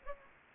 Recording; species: mosquito wingbeat signal from an infrared sensor; Anopheles gambiae